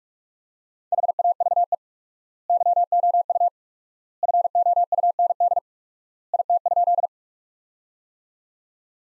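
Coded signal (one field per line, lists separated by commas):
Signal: Morse code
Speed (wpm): 42 wpm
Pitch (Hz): 700 Hz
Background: none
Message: HAVE YOU FOUND IT?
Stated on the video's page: Practice sentences from top 300 words at 45 wpm with 4x word spacing, a word-based analogue of Farnsworth.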